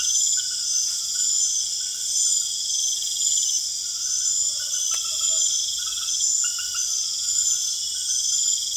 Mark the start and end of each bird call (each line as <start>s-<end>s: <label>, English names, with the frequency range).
4.27s-5.52s: Tropical Screech-Owl (0.4-1.5 kHz)